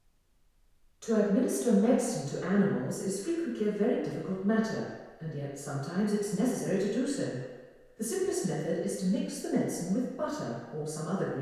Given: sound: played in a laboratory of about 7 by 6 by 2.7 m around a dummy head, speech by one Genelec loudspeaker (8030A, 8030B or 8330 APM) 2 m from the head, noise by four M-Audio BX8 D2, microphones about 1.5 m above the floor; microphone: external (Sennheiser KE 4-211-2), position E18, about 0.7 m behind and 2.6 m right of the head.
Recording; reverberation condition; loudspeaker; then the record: female speech in English; high; 120 degrees to the left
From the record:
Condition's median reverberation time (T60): about 1300 ms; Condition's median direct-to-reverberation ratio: about -4.0 dB